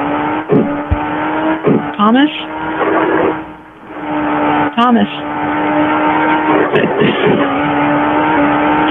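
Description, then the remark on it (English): Racing car engines drone steadily while several sharp crashing thuds, as other cars hit a car and dent its paintwork, and a couple of rising, squealing skids cut through; a person speaks briefly over the din. “Their cars are like really wrecking the paint job. I got a couple of dents.”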